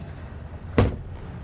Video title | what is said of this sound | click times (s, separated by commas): Transwest Truck Trailer RV with a 2021 Cimarron Norstar 4 Horse Gooseneck | you do have the the jail bars that drop down so these just pop into place | 0.8 s